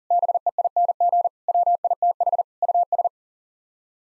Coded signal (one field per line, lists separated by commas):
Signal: Morse code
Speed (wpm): 40 wpm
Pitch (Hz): 700 Hz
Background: none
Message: BEING WITH US